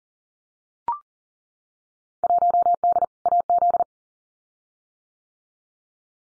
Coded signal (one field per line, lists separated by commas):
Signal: Morse code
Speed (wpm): 40 wpm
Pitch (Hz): 700 Hz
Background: none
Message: 1D AZ